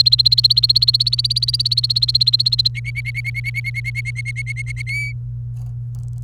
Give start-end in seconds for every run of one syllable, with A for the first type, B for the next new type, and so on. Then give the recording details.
0.00-2.68 A, 2.75-4.82 B, 4.87-5.12 C. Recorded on 28 April 2018 at 12:10. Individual llb3